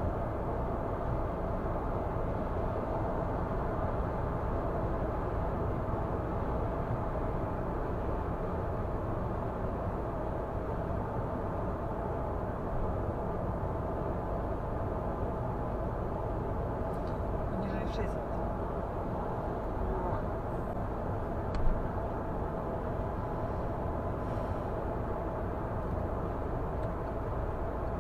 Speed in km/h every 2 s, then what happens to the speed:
105, 105, 105, 106, 106, 101, 99, 96, 94, 91, 91, 95, 97, 99.
0-8 steady at about 105. 8-18 slows to 91. 18-28 speeds up to 99.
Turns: none.